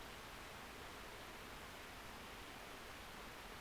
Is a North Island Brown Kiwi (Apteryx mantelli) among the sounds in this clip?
no